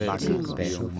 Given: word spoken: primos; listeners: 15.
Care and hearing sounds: one Spanish word in noise, from a listening test; four-talker babble; -2.5 dB; 0 of 15; 10 of 15; 0.60 s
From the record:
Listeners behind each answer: 10, 1, 1, 1, 1, 1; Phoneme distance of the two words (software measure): 27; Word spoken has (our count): 2 syllables, 6 phonemes, stress on syllable 1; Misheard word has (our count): 2 syllables, 5 phonemes, stress on syllable 1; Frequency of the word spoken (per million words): 7.00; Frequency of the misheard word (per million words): 29.51

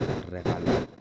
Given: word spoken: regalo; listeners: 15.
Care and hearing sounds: one Spanish word in noise, from a listening test; noise modulated by one talker; -8.6 dB; 5 of 15; 8 of 15; 0.61 s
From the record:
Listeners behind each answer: 8, 5, 2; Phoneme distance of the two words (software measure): 17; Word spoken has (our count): 3 syllables, 6 phonemes, stress on syllable 2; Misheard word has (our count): 3 syllables, 7 phonemes, stress on syllable 3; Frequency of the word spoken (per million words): 22.94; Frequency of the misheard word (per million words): 3.36

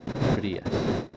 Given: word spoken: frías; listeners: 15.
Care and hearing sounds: one Spanish word in noise, from a listening test; noise modulated by one talker; -8.0 dB; 4 of 15; 6 of 15; 0.77 s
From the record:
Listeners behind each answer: 6, 4, 2, 1, 1, 1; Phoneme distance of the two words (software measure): 10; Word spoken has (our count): 2 syllables, 5 phonemes, stress on syllable 1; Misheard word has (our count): 2 syllables, 5 phonemes, stress on syllable 1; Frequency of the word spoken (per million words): 10.32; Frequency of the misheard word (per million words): 3.19

